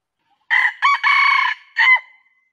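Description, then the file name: Junglefowl giving one crow in four parts, short clipped notes, a long raspy middle section and a short closing note, then silence. Male. "suara ayam hutan jantan durasi panjang"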